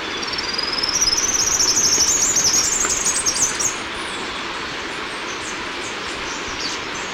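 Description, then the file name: Three-striped warbler delivering a fast, high-pitched twittering series that rises in pitch for roughly three seconds before ending abruptly, followed by only a constant noisy hiss. "Basileuterus tristriatus - Three-striped Warbler"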